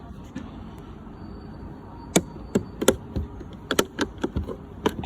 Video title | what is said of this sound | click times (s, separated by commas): Volkswagon Golf Mk7/Mk7.5 (Wing Mirror Glass Replacement) | You should hear a few clicks, and that's it. | 2.2 s, 2.9 s, 3.7 s, 3.8 s, 4.9 s